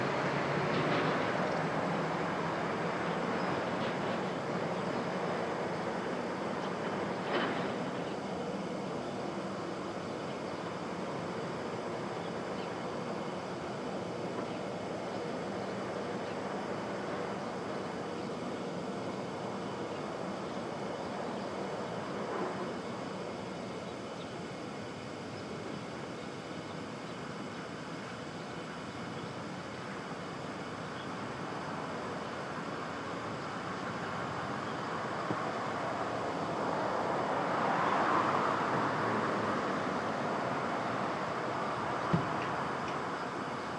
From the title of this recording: Brooklyn Dawn